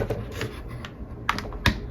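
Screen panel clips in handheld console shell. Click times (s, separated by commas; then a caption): 1.3 s, 1.7 s. The last plastic clips holding the screen panel in a handheld console shell are pried, with sharp clicks at 1.3 s and 1.7 s as they let go. Someone talks briefly, and the screen panel pops free.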